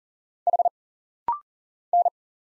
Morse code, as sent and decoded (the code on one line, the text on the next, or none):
.... / -.
H N